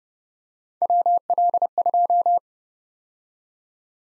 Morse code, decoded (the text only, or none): WL2